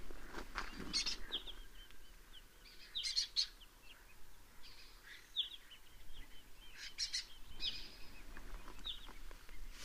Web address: sound Lesser-kestrel. صدای-پرنده-دلیجه-کوچک